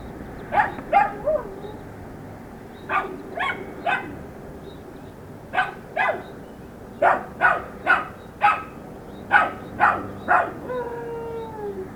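Dog barking in short, spaced pairs and runs of gruff barks, ending with a brief whining howl that slides downward.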